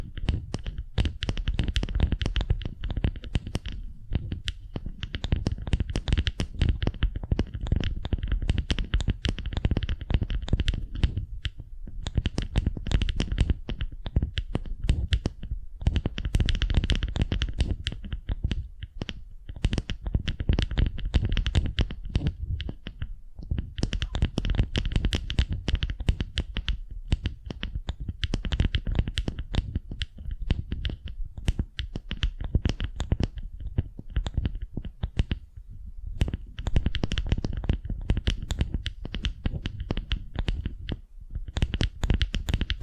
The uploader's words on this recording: ASMR Tingly Wax Facial Spa Treatment for Sleep (No Talking).